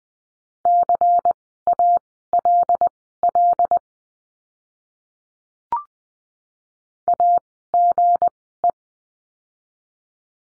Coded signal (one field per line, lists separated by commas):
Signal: Morse code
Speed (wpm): 20 wpm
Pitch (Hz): 700 Hz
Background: none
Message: CALL AGE